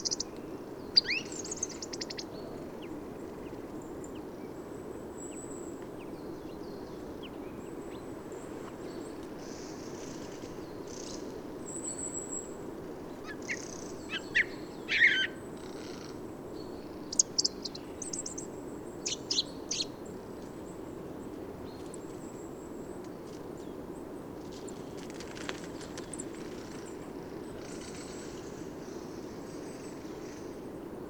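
A song thrush sings from a forest, its short, bright phrases spaced out over the recording, with a sharper burst near the middle and others scattered toward the end. Other high bird calls come and go, over a steady low hum of background noise.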